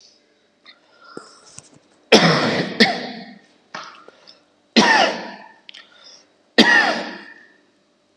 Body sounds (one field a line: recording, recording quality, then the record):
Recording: heavy voluntary cough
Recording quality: moderate, slight background noise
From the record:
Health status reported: healthy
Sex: male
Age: 27 years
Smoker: yes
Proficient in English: yes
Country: India